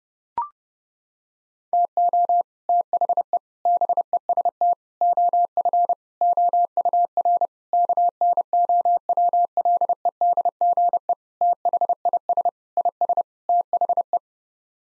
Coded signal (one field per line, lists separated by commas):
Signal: Morse code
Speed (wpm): 30 wpm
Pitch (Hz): 700 Hz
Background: none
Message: TO THE BEST OF OUR KNOWLEDGE THIS IS THE